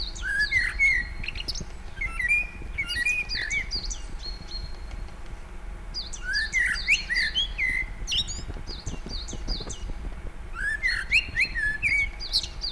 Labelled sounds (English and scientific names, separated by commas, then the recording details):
Common Blackbird (Turdus merula)
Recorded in the wild
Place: Naturfreundehaus - Üdersee, Nationalpark Untere Oder, Brandenburg, DE
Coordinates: 52.85, 13.68
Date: 1996-03-25 17:41
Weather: bedeckt, 3°C
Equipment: Sony MD-WM MZ-R3, Sennheiser ME 80, Kopie Uher 4000 Report Monitor
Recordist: Tembrock, Günter